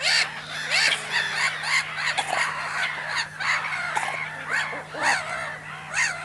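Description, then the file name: Seagull calls in a dense, raucous chorus of rising and falling squawks, many birds calling over each other. Loud seagulls at a cormorant nesting site, recorded in mono with a DPA microphone. "animals cormorants nest loud seagulls"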